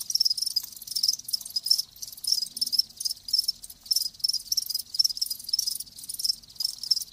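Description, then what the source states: Crickets giving shrill pulsed chirps in regular bursts, roughly a few per second, forming an ongoing high chorus. Live crickets chirping in a lulling song.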